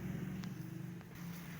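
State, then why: Seated. A lock on a shop door or shutter, likely a padlock or shutter lock, is locked in the rain over a steady low rumble. A sharp, short snap at 0.4 s is the lock snapping shut, and a softer knock follows at 1.0 s. The shop is left locked.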